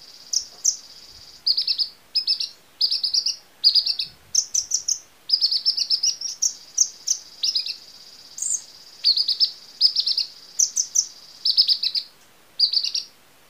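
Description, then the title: Small bird giving quick, thin, high twitters in clustered bursts with brief gaps between them. "Burung Kecil"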